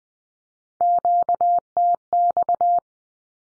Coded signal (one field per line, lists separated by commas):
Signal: Morse code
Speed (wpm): 20 wpm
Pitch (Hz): 700 Hz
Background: none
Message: QTX